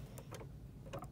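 A buttonhole presser foot is handled and slid into place under an Elna 3230 sewing machine, toward its metal/plastic foot holder. Light ticking and rattling handling sounds occur near 0.2 s, 0.35 s and 0.95 s over a low steady hum. Nothing has seated or clicked yet.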